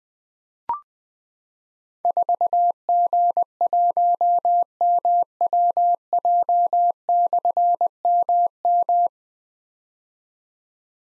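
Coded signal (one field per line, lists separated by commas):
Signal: Morse code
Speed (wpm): 20 wpm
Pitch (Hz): 700 Hz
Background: none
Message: 4G1MWJ/MM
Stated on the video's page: Morse code call sign drill at 20 wpm of difficult slashed call signs for keyboard or pencil copy; each sent, spoken, then sent again.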